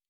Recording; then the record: hydrophone in a shrimp aquaculture tank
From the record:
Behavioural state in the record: normal